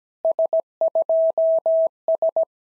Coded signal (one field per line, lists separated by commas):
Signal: Morse code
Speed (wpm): 15 wpm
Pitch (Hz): 650 Hz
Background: none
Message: S2S